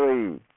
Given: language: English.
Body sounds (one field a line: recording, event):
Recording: throat vibration sensor signal played as sound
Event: speech